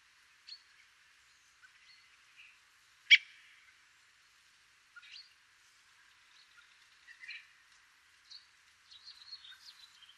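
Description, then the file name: Common blackbird giving one loud, sharp clicking call about three seconds in, with faint scattered chirps and ticks before and after. "Turdus merula"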